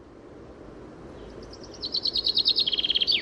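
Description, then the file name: Common chaffinch song: faint notes build into a fast series of bright notes, over background noise. "Fringilla coelebs"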